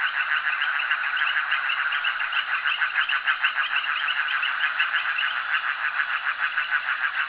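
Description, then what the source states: Frogs calling in a dense chorus of rapid pulsed notes, steady and overlapping throughout, with no other clear sounds. Frogs calling at a jetty.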